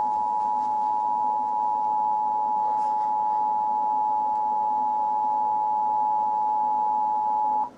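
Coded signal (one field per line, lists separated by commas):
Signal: Emergency Alert System (SAME) tones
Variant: 853 and 960 Hz attention tone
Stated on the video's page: Mock EAS alert, a fictional scenario that uses valid SAME tones.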